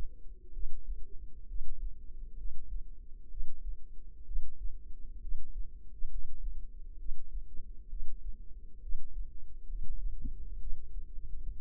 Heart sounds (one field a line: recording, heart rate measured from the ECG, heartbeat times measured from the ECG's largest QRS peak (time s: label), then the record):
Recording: heart sounds by microphone in the left ear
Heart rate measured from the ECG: 65 bpm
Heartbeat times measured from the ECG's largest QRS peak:
0.51 s: heartbeat
1.46 s: heartbeat
2.35 s: heartbeat
3.28 s: heartbeat
4.24 s: heartbeat
5.19 s: heartbeat
6.08 s: heartbeat
6.96 s: heartbeat
7.88 s: heartbeat
8.80 s: heartbeat
9.66 s: heartbeat
10.58 s: heartbeat
11.51 s: heartbeat
From the record:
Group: healthy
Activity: Valsalva maneuver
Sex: female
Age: 22 years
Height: 160 cm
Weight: 45 kg